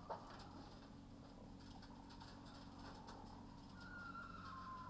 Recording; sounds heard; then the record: poultry house recording; sick chickens (respiratory disease)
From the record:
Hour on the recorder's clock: 21